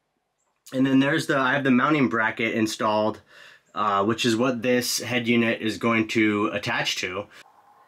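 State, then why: Not seated. The indoor head unit of a ductless mini split heat pump is handled next to its installed wall mounting bracket during a box truck installation while someone talks. The unit has not been hung and pushed down onto the bracket yet, so nothing has seated or clicked.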